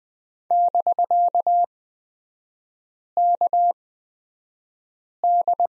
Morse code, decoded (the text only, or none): <BK>KD